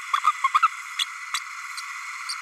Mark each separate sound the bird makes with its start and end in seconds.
0.13-0.15, 0.26-0.32, 0.43-0.48, 0.53-0.59, 0.62-0.68, 0.99-1.04, 1.34-1.39